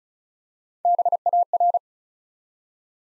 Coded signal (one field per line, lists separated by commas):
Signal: Morse code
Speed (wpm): 36 wpm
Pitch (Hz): 700 Hz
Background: none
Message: BAR